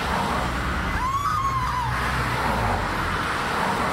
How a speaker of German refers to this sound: I want you to listen to the sound of the street now.